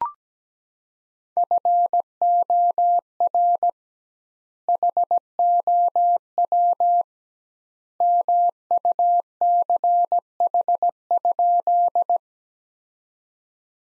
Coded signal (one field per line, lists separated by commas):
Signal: Morse code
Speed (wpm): 17 wpm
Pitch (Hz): 700 Hz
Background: none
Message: FOR HOW MUCH?